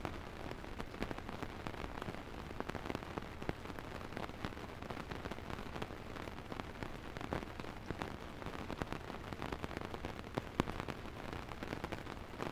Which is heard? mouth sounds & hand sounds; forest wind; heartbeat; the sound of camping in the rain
the sound of camping in the rain